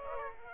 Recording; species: mosquito wingbeat signal from an infrared sensor; Aedes aegypti